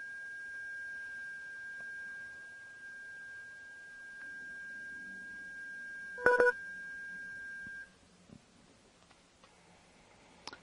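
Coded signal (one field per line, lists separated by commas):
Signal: JT65, JT9 or WSPR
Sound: a steady pure-sounding tone that holds for about eight seconds, interrupted by a brief chord-like beep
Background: faint room hum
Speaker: so we just sent out a CQ at 1,600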